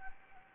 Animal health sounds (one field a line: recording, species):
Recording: mosquito wingbeat signal from an infrared sensor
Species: Anopheles gambiae